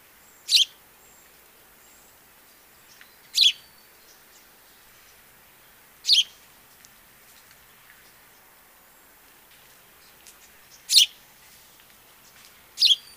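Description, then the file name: House sparrow giving single short, sharp chirps, five in all, spaced two to five seconds apart over a quiet background. "Passer domesticus"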